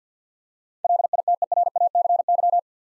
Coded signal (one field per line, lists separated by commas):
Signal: Morse code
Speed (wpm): 50 wpm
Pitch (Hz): 700 Hz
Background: none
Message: LITERACY